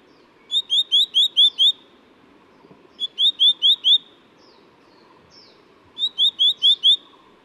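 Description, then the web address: Black-naped monarch giving three bursts of five or six bright, rising notes in quick succession, with a pause of quiet between bursts. Recorded at Yushan. "黑枕藍鶲 Yushan"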